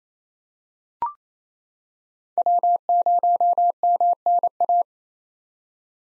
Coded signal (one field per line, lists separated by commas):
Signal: Morse code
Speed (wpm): 27 wpm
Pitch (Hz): 700 Hz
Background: none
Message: W0MNA